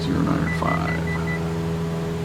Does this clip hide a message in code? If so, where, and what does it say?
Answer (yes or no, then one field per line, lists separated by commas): no